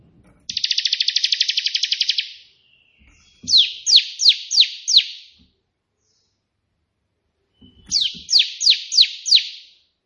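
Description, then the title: Prinia song: a fast, buzzy, even trill of nearly two seconds, then two phrases of four loud, downslurred, whip-like notes spaced about half a second apart. Prenjak putih song in three 'tembakan' variations, suitable as tutor song ('masteran') for training pet prinias. "3 VARIASI TEMBAKAN prenjak putih ini COCOK untuk masteran prenjak anda"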